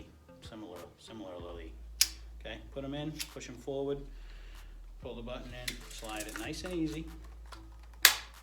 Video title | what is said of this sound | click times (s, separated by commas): Air compressors & Nail guns for Beginners(Diy Tool School Episode #12) | click it and stick it | 8.1 s